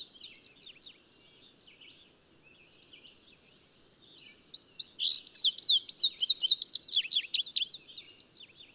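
Bird song: soft, high twittering at first, then a loud burst of rapid, sweeping high chirps and trills that runs for several seconds.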